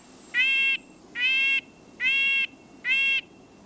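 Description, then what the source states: Red-breasted Nuthatch calls: four nasal, tinny, evenly spaced short toots, repeated roughly every 0.8 seconds against a quiet background. Sounds like a truck beeping as it backs up.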